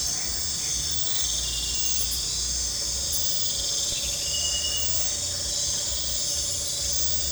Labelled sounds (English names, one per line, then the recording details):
none
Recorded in pastures near Puerto Asís, Putumayo, Colombia, on 20 December 2024 at 22:30
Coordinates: 0.466, -76.322
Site G040